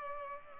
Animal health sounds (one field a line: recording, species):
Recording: mosquito wingbeat signal from an infrared sensor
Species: Culex pipiens